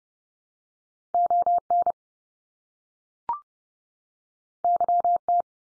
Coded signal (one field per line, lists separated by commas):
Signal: Morse code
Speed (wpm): 30 wpm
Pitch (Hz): 700 Hz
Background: none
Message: ON YT